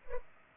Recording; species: mosquito wingbeat signal from an infrared sensor; Culex pipiens